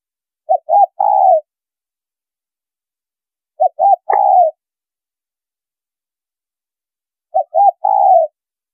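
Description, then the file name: Spotted dove cooing in three spaced phrases, each two short hoots running into a longer, slightly falling coo; nothing else audible. Female bird. "Tieng cu gay mai"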